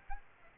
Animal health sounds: mosquito wingbeat signal from an infrared sensor; Aedes aegypti

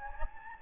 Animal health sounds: mosquito wingbeat signal from an infrared sensor; Anopheles gambiae

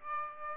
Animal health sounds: mosquito wingbeat signal from an infrared sensor; Aedes aegypti

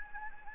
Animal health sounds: mosquito wingbeat signal from an infrared sensor; Anopheles gambiae

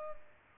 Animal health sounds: mosquito wingbeat signal from an infrared sensor; Culex pipiens

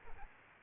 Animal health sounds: mosquito wingbeat signal from an infrared sensor; Aedes albopictus

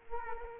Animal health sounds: mosquito wingbeat signal from an infrared sensor; Culex quinquefasciatus

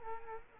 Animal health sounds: mosquito wingbeat signal from an infrared sensor; Culex quinquefasciatus

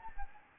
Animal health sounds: mosquito wingbeat signal from an infrared sensor; Anopheles gambiae

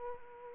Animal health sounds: mosquito wingbeat signal from an infrared sensor; Aedes aegypti

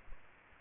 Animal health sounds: mosquito wingbeat signal from an infrared sensor; Aedes aegypti

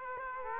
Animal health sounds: mosquito wingbeat signal from an infrared sensor; Aedes aegypti

